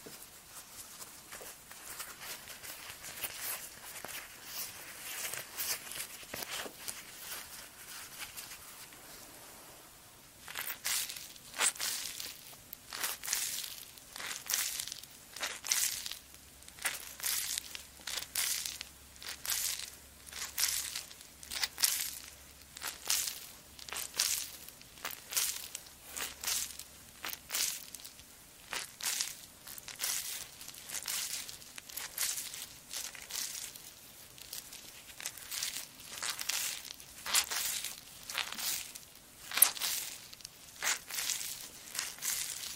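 Quiet soft rustling for ten seconds, then bright crinkly rubbing strokes repeating steadily, like hands working a foamy mousse, with a faint low hum midway.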